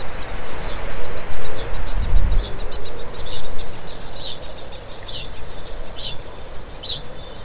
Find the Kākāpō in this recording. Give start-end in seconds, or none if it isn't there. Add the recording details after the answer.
2.11-7.44. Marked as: faintness 3/5. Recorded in New Zealand. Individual Stumpy